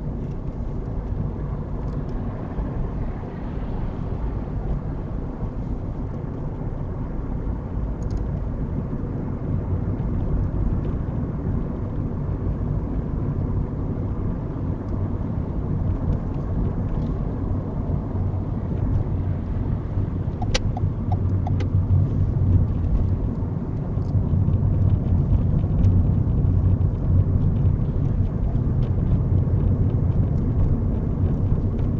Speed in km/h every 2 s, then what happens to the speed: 44, 45, 45, 45, 45, 45, 44, 40, 39, 37, 35, 35, 37, 39, 40, 39.
0-10 steady at about 45. 10-20 slows to 35. 20-32 steady at about 37.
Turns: none.